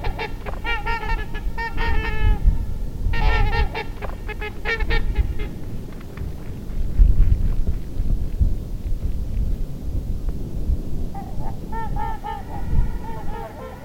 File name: Tamarac Whispers Trumpeter Swan